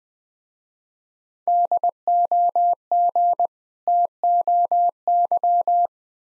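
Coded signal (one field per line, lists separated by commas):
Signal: Morse code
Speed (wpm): 20 wpm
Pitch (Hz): 700 Hz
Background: none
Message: DOG TOY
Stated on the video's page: Morse practice of difficult words at 20 wpm with contextual hints.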